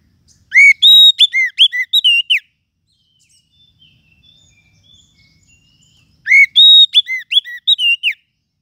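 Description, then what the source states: Lovebird calls: a quick volley of piercing, arched chirps, then soft faint chatter, then the same shrill volley again. Lovebird call used as a lure to attract lovebirds.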